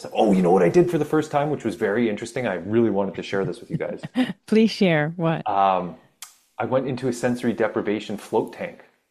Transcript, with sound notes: Oh, you know what I did for the first time, which was very interesting? I really wanted to share this with you guys.
(laughs) Please share. What?
Um, I went into a sensory deprivation float tank.